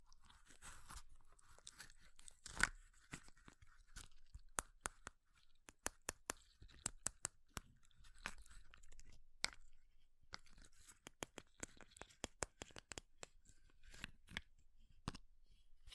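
Sharp ice taps and crunchy scratches come in irregular bursts, with quick clusters of bright clicks between short quiet gaps throughout.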